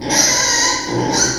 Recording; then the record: squeal of a Yucatan mini pig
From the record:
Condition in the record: before surgery on the right vocal fold (resection and tissue-engineered implant); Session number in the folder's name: 1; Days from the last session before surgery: -3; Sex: male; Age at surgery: 12 weeks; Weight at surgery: 13 kg